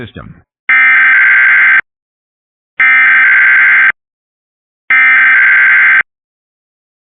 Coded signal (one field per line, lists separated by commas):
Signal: Emergency Alert System (SAME) tones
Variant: header bursts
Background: speech